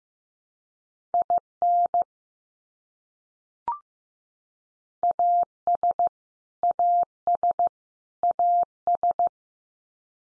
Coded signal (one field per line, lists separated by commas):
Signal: Morse code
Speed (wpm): 15 wpm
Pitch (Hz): 700 Hz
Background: none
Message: IN AS AS AS